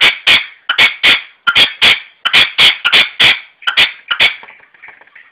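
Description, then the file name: Red-legged partridge delivering harsh, chopped call phrases in rapid pairs, repeated several times before ending in quieter trailing notes. "perdiz roja-sonido"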